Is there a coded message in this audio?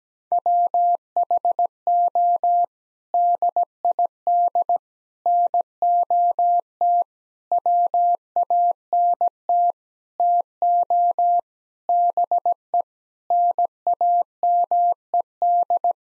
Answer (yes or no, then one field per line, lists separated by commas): yes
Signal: Morse code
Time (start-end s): 0.3-15.9 s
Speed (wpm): 17 wpm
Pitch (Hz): 700 Hz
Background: none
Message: WHO DID NOT WANT TO BE NAMED